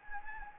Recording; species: mosquito wingbeat signal from an infrared sensor; Anopheles gambiae